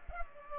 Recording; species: mosquito wingbeat signal from an infrared sensor; Culex pipiens